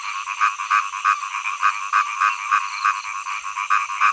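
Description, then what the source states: Frog croaks in quick succession, a rhythmic string of raspy notes roughly three per second, several callers overlapping. Frogs singing in early summer.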